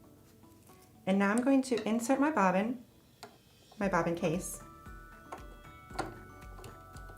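Someone talks while a bobbin and bobbin case are handled for insertion into the hook assembly of a Janome sewing machine, with brief faint taps and ticks of handling around 3.2, 5.3, 6.0 and 6.6 seconds. The bobbin case has not yet been rotated into place, so nothing has seated or snapped home yet.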